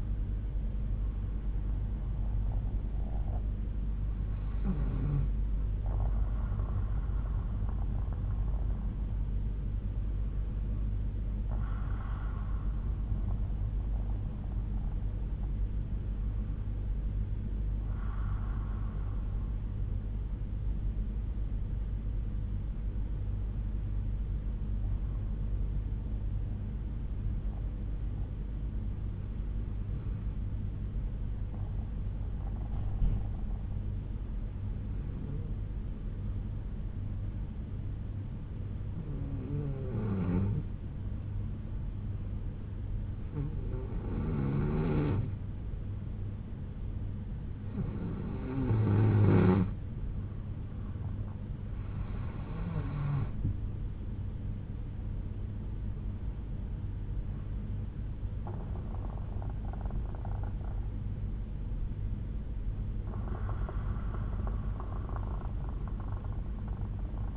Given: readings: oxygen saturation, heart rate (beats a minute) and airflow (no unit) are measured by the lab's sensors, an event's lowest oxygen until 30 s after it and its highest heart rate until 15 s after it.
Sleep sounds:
breathing in sleep by a smartphone at the bedside; 1
22.00-52.00 s: new sleep stage, N2 (light sleep)
24.00-51.30 s: hypopnea (N2, oxygen 95% highest, then 89% lowest, heart rate 60 at the start, 74 highest)
52.00-67.37 s: new sleep stage, N1 (lightest sleep)
From the record:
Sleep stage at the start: N1 (lightest sleep); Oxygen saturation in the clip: 89 to 95%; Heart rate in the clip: 60 to 74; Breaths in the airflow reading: 13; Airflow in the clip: -7.3 to 7.2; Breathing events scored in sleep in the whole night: 368 in 8.0 hours asleep

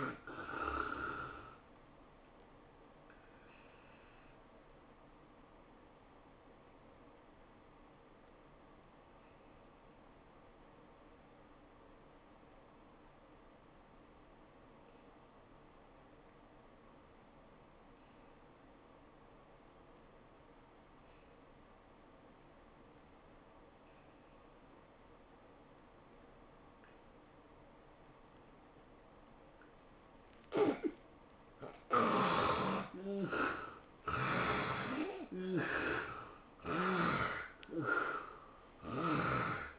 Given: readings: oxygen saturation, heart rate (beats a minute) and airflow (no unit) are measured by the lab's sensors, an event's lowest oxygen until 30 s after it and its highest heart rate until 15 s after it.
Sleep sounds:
breathing in sleep by a voice recorder at the bedside; 1
4.00-31.90 s: hypopnea (N1, oxygen 96% highest, then 67% lowest, heart rate 109 at the start, 112 highest)
From the record:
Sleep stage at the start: N1 (lightest sleep); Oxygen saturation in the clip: 73 to 96%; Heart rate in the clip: 87 to 112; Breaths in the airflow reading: 5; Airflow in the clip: -9.9 to 13.4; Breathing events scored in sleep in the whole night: 403 in 5.5 hours asleep

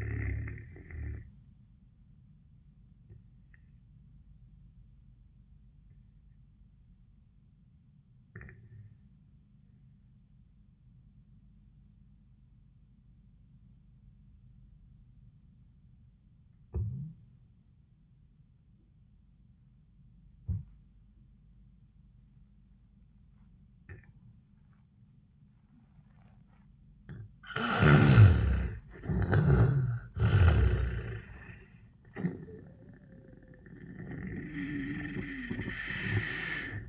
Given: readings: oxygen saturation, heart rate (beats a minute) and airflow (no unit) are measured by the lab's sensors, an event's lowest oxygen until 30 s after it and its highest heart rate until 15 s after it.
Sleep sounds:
breathing in sleep by a smartphone at the bedside; 1
4.00-29.40 s: obstructive apnea (N1, oxygen 96% highest, then 77% lowest, heart rate 89 at the start, 100 highest)
From the record:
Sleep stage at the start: N1 (lightest sleep); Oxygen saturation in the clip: 75 to 96%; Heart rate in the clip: 78 to 96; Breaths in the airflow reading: 2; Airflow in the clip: -14.9 to 10.7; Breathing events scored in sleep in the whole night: 400 in 8.7 hours asleep

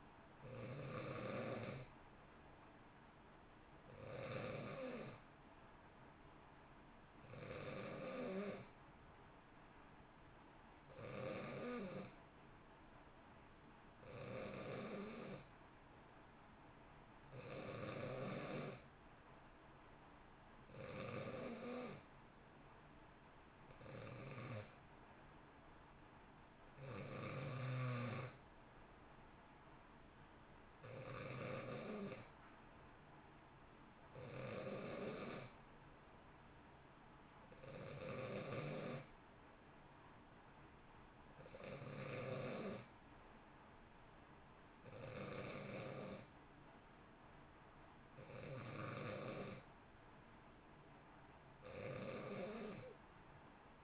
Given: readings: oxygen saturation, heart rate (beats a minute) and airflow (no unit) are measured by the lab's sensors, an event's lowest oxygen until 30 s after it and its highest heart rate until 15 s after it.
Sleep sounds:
breathing in sleep by a voice recorder at the bedside; 1
35.00-48.10 s: hypopnea (N2, oxygen 91% highest, then 89% lowest, heart rate 62 at the start, 62 highest)
From the record:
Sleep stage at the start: N2 (light sleep); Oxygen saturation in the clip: 89 to 91%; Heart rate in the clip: 58 to 64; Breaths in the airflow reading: 16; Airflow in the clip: -1.0 to 1.5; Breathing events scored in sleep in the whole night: 328 in 6.3 hours asleep

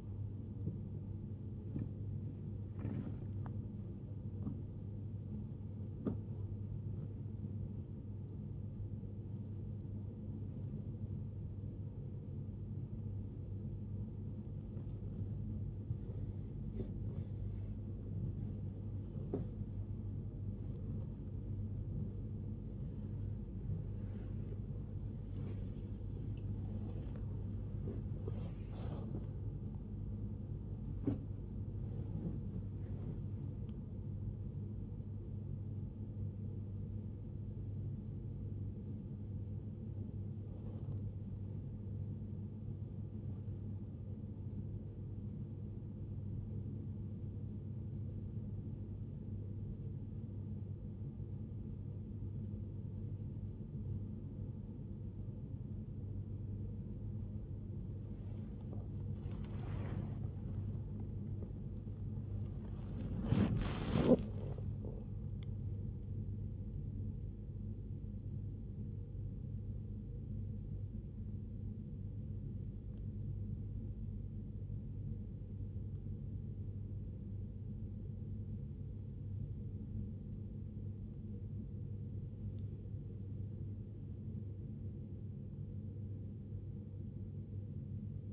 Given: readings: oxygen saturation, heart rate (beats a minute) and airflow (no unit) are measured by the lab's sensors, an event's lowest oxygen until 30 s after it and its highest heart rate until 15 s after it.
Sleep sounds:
a person awake in a sleep study, by a smartphone at the bedside; 1
0.00-88.33 s: awake
68.00-81.10 s: hypopnea (scored as awake, oxygen 95% highest, then 92% lowest, heart rate 87 at the start, 87 highest)
From the record:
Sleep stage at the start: awake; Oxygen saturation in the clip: 92 to 95%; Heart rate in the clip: 69 to 93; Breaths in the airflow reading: 31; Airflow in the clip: -0.7 to 0.8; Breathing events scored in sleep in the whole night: 103 in 8.4 hours asleep

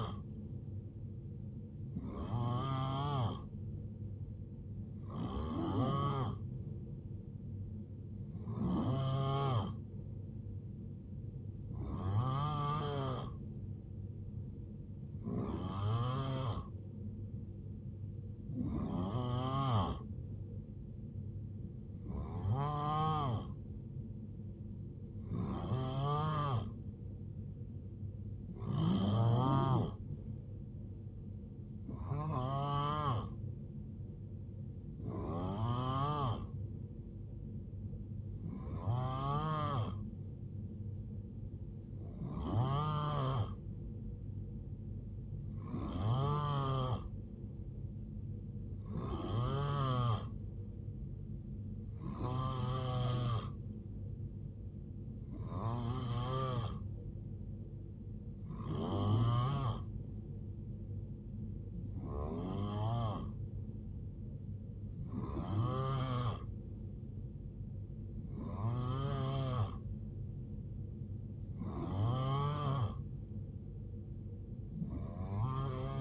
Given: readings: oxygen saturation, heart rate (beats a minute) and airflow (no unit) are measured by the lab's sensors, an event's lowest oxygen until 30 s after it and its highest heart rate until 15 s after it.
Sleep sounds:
breathing in sleep by a smartphone at the bedside; none
none scored
From the record:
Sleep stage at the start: N3 (deep sleep); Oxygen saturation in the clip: 90 to 91%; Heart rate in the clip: 64 to 78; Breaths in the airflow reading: 23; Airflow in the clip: -8.4 to 4.3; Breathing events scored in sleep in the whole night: 389 in 6.3 hours asleep

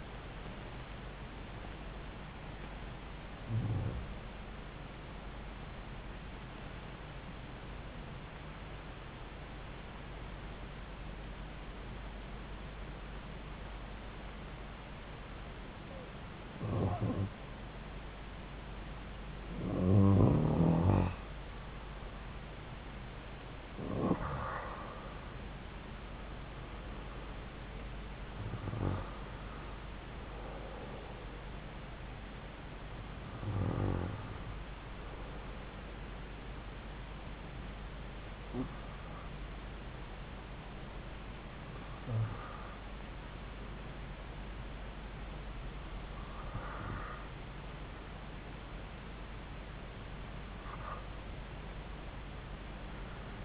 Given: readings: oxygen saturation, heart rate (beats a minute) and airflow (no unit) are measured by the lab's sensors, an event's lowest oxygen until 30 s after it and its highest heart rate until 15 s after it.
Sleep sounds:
breathing in sleep by a voice recorder at the bedside; 1
1.00-53.45 s: new sleep stage, N1 (lightest sleep)
4.00-20.00 s: hypopnea (N1, oxygen 97% highest, then 91% lowest)
From the record:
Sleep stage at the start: REM sleep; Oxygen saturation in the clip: 89 to 97%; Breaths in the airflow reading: 12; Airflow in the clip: -4.8 to 4.0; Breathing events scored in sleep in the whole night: 270 in 6.1 hours asleep

